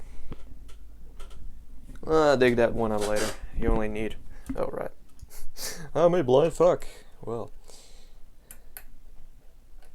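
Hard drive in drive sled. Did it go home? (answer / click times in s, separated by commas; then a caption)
no / none. A hard drive is handled while being fitted into a drive sled for a 2006 Mac Pro, with someone talking throughout and a few brief, sharp ticks, the loudest near 8.5 and 8.8 seconds. Nothing has seated or clicked into place yet.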